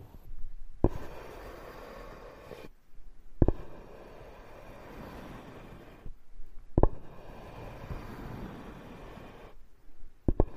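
Wood scraping in repeated strokes, each a rough, grainy rasp lasting about two to three seconds with sharp knocks marking the start of each pass. Short silent gaps separate the strokes, which come roughly every three seconds, with a final pair of clacks near the end.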